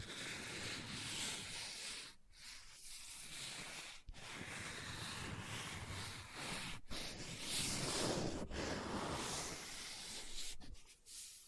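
Book handling with continuous scratching and rubbing across the pages, a dense, rough hiss that runs almost without pause. Brief dips break it around two, four, seven, eight and a half and eleven seconds, like pauses between strokes or a page shifting.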